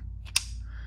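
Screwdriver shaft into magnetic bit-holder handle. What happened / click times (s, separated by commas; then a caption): The steel shaft snapped into the magnetic holder / 0.4 s. A steel flip-socket screwdriver shaft is inserted into a PB Swiss magnetic screwdriver handle, where the magnet pulls it in. A sharp snap is heard at 0.4 s over a low steady hum as the shaft seats, held firmly by the very strong magnet.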